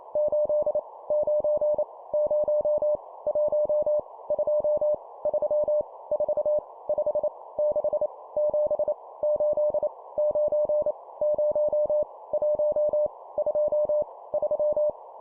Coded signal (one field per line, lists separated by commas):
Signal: Morse code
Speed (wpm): 28 wpm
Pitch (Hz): 600 Hz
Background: none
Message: 8 9 0 1 2 3 4 5 6 7 8 9 0 1 2 3